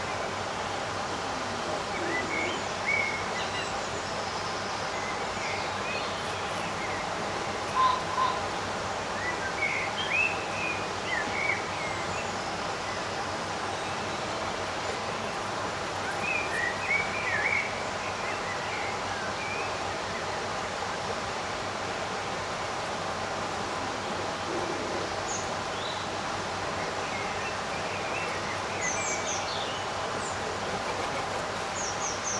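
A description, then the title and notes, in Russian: Birds chirp softly in a summer garden, scattered calls rising over a steady low rumble of traffic throughout. Летний день в саду. В этом завораживающем звуковом пейзаже вы почувствуете волшебство почти безветренного летнего дня. Птицы поют свои нежные мелодии.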